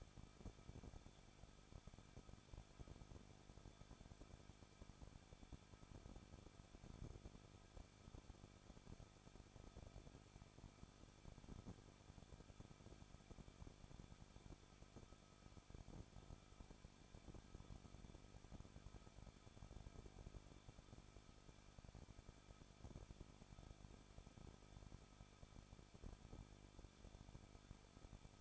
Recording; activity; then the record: daily activity, microphone in the room; no activity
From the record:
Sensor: 5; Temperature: 20.9 degrees Celsius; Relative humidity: 38.1%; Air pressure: 1006.5 hPa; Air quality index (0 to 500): 187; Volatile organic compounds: 18 ppm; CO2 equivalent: 2619 ppm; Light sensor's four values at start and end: 2/3/1/1 and 2/3/1/1